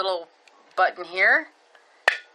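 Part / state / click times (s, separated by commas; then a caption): lid of the earbud charging case / released / 2.1 s. Someone talks as a button on the plastic charging case of Tronsmart Encore Spunky Buds wireless earbuds is pressed. The case lid pops up with a sharp click at 2.1 s, released and ready to be turned open.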